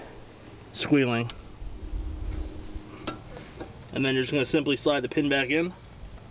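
A rubber dust boot on a lubricated brake caliper guide pin is handled as the pin is slid back into the caliper carrier of a Mercedes C300 front brake. Someone talks, and a few short handling sounds are heard in the middle. Nothing has seated or clicked yet; the boot has not snapped over the pin.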